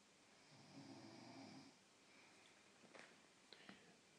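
An adult asleep on a couch gives a single rough, low buzzing snore lasting about a second, followed by quiet breathing and a few faint clicks of movement. Snoring is the fluttering of relaxed upper airway tissues during sleep.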